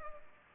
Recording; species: mosquito wingbeat signal from an infrared sensor; Culex pipiens